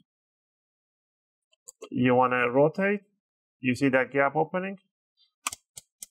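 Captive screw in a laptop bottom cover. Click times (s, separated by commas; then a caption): 5.5 s, 5.8 s, 6.0 s. Someone talks while a captive screw in the plastic bottom cover of a Dell Vostro 14 3000 Series Model 3400 laptop is turned, pushing the cover away from the palm rest as a gap opens. Sharp clicks at 5.5, 5.8 and 6.0 seconds show the screw has fully disengaged and released from its thread. Turning stops there, because turning further does nothing.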